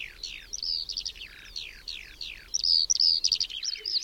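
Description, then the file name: Eurasian skylark song with descending slurred notes, then louder rapid whistled trills in the second half, delivered nonstop over a soft background hiss. "SKOWRONEK"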